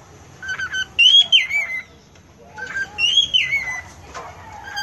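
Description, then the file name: Cockatiel whistling two looping phrases, each a soft short note followed by a bright upward-then-downward slurred whistle. "Canto da Calopsita"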